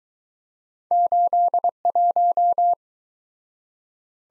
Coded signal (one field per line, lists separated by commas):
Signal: Morse code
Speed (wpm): 23 wpm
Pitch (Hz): 700 Hz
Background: none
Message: 81